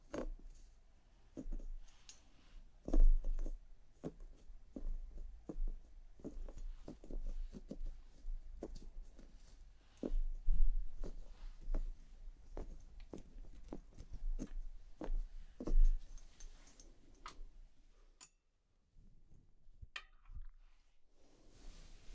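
Hands massage a scalp and a brush works through hair, making a dense run of short scratchy strokes and soft rubbing taps that repeat roughly every half second. A low steady hum sits underneath. Near the end the strokes thin out to a few scattered touches with quiet gaps.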